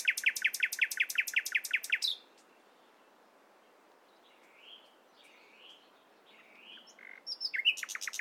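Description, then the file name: Common nightingale song: a loud rapid series of repeated notes, a pause with soft warbled phrases, then another fast trill beginning. "Luscinia megarhynchos"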